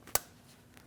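The plastic position lock tab on the front ABS wheel speed sensor harness connector of a 2016-2015 Chevrolet Malibu is pushed in to lock it. It gives one sharp snap at 0.2 s, with faint ticks before and after. The tab is seated and the connector is locked.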